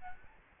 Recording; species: mosquito wingbeat signal from an infrared sensor; Aedes albopictus